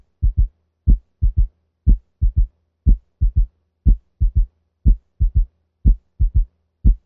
Listen to S3 in the mitral valve region using the bell of the stethoscope at 60 beats per minute. S3 is quite loud. Note that the cadence is 1, 2, 3.